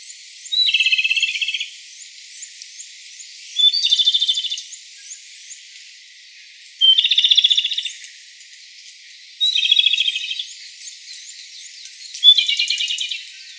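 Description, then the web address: Japanese robin song: a high thin opening note dropping into a fast rattling trill, five phrases spaced a few seconds apart, with soft high chirps from other birds behind. Recorded 15 April 2017. "birdenaga komadori 170415"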